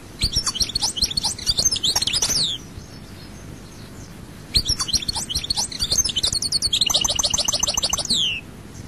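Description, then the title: European goldfinch with two phrases of rapid bright twittering, the second ending in a rattling buzzy trill, separated by a short quiet pause. "Chant Chardonneret"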